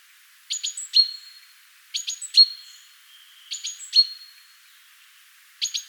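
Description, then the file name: Great tit calls: short bursts of two or three sharp, high notes, each ending in a clear sustained whistle, repeated in groups about every one and a half seconds. "Parus major"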